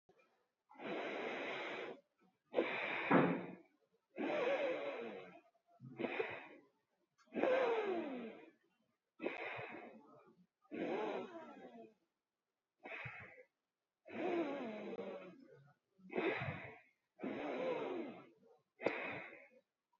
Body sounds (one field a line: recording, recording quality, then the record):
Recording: deep breathing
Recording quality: excellent, no background noise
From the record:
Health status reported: healthy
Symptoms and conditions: none ticked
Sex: female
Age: 32 years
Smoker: not ticked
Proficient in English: yes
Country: India